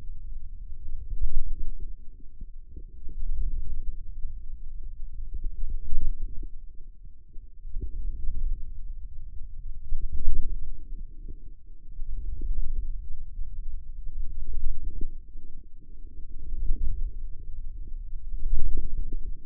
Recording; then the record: forearm muscle sounds (acoustic myography)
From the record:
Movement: wrist flexion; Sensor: system 2, bracelet of six BSWA MPA416 microphones around the upper forearm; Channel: 5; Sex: male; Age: 22 years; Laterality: right